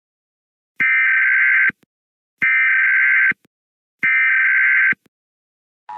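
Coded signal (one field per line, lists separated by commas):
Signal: Emergency Alert System (SAME) tones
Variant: header bursts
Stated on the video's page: Mock solar-storm-themed EAS scenario, not real.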